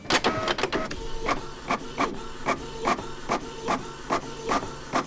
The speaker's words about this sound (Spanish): Entonces, hablando del sonido también, yo creo que ese sonido de la impresora puesta en marcha, ese sonido repetitivo, aburrido y tal cual, yo creo que eso también representa mucho ese ciclo, ¿no?